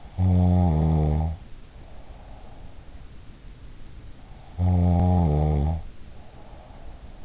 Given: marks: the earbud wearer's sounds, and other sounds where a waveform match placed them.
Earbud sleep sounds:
sounds in sleep by an in-ear microphone; snoring breath
0.28-3.00 s: snoring breath
4.29-7.25 s: snoring breath

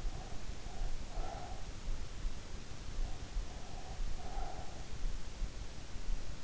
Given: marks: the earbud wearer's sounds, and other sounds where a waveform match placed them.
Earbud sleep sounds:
sounds in sleep by an in-ear microphone; breath
0.13-2.46 s: breath
3.49-5.43 s: breath

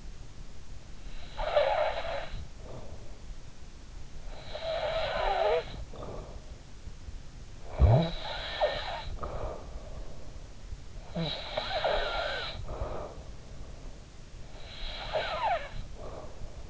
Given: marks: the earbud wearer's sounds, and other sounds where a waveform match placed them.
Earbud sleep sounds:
sounds in sleep by an in-ear microphone; snoring breath
1.38-3.12 s: snoring breath
4.31-6.47 s: snoring breath
7.61-9.89 s: snoring breath
11.05-13.55 s: snoring breath
14.52-16.35 s: snoring breath

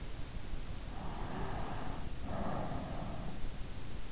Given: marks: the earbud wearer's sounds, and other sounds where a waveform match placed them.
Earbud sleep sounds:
sounds in sleep by an in-ear microphone; breath
0.63-3.44 s: breath

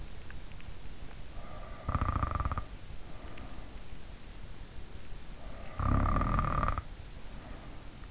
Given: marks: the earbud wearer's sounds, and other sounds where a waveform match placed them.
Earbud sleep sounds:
sounds in sleep by an in-ear microphone; snoring breath
1.20-3.83 s: snoring breath
5.26-8.11 s: snoring breath

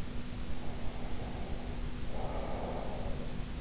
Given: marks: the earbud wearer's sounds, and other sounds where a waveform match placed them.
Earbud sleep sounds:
sounds in sleep by an in-ear microphone; breath
0.44-3.42 s: breath

